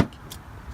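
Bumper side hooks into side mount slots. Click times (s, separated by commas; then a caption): 0.3 s. On a 2010 Toyota Prius, the little hooks on the side of the plastic bumper are worked into the slots of the side mount. A faint tap comes at 0.1 s, then a sharp, bright little click at 0.3 s as the hooks seat in place.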